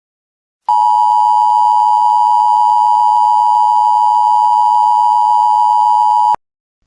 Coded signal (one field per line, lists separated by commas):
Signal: Emergency Alert System (SAME) tones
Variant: 853 and 960 Hz attention tone